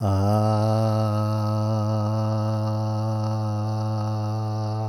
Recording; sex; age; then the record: sustained vowel /a/; male; 50 to 59 years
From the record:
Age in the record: 53 years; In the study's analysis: included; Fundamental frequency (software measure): 107 Hz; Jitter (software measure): 0.26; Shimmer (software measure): 1.08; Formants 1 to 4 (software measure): 677 Hz, 1264 Hz, 2802 Hz, 4231 Hz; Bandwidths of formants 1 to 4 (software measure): 176 Hz, 97 Hz, 136 Hz, 326 Hz